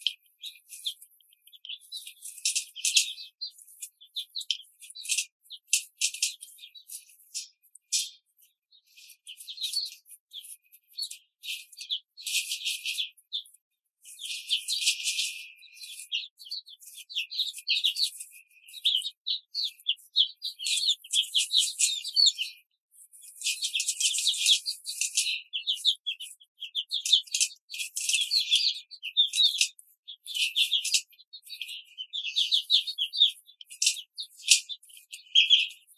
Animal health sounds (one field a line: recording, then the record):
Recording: young laying hens in a cage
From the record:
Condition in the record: control cage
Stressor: none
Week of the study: 5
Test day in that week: 1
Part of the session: 3